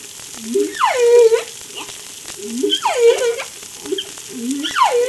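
Whale calls: harmonic tonal moans sweeping steeply downward, repeated roughly every two seconds, alternating with short low upswept grunts over a faint crackling background.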